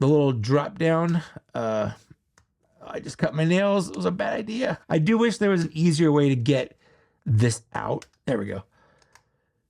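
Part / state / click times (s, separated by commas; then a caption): drop-down third leg of a droid action figure / seated / 9.0 s, 9.1 s. Someone talks while prying the small drop-down middle leg out of a plastic droid action figure. The leg snaps into its extended position with sharp clicks at 9.0 s and 9.2 s.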